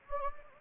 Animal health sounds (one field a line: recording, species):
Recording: mosquito wingbeat signal from an infrared sensor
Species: Anopheles gambiae